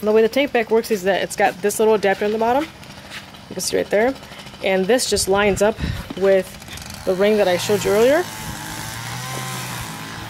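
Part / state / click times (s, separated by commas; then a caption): tank bag adapter onto motorcycle tank ring / not seated / none. Someone talks while lining up the bottom adapter of an SW-Motech tank bag with the tank ring on a 2015 Street Triple R motorcycle, before pressing it down. Nothing has seated or clicked yet.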